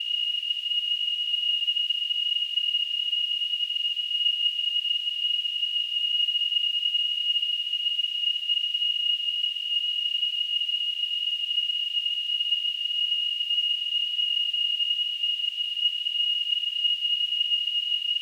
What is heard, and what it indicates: Tinnitus.